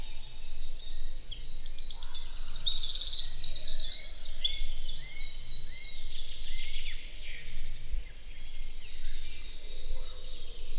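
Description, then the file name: Eurasian wren song, a vigorous run of sharp high notes and rapid buzzy trills lasting about seven seconds before tailing off into quieter chips. "Troglodytes troglodytes"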